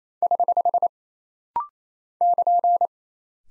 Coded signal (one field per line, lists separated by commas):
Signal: Morse code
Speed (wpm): 28 wpm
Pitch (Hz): 700 Hz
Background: none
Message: <HH> <KN>